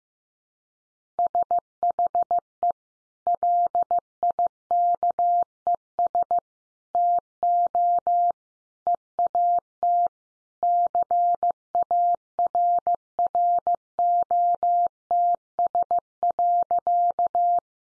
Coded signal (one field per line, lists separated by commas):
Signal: Morse code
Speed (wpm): 15 wpm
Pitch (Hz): 700 Hz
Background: none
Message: SHE LIKES TO EAT CARROTS.